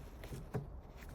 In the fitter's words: that should lock into place. There we are.